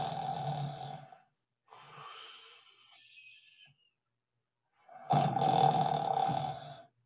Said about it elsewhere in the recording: You snore like a fucking bear, dude. It's not even like a normal snore. My deviated septum. I've never heard somebody snore that loud.